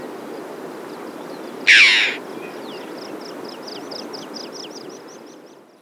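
Red-billed chough uttering a single loud, raspy call, while a smaller bird repeats quick high chips in a steady series throughout.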